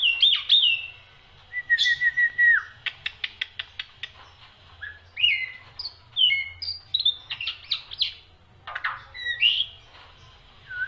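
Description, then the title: Black-winged myna song of wavering whistles and quick clicking series, broken by short gaps, with scattered rising and falling slurred notes. Dense, varied song of a prolific singer, used for training other songbirds (masteran). "Kicauan Rapat Jalak Putih Gacor Banyak Variasi Untuk Masteran"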